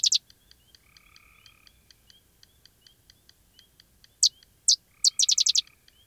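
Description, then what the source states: Sedge wren song: a few sharp chips, then a short dry rapid chatter near the end, over two brief frog trills and a constant regular ticking. Dry, chattering night song; species prefers grassy or sedgy marshes of the upper Midwest and Canada; distant gray tree frog trills and yellow rail clicking alongside.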